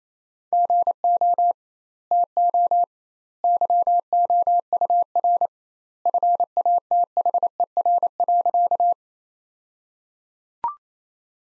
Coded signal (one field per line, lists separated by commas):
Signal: Morse code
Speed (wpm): 28 wpm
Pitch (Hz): 700 Hz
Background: none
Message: GO TO YOUR FATHER.